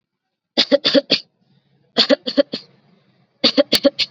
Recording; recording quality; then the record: shallow voluntary cough; excellent, no background noise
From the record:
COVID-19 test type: RT-PCR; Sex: female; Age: 24 years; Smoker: no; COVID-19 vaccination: both doses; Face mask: worn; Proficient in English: yes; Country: India